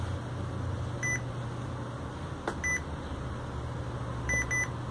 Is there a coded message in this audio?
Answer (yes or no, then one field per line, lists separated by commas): no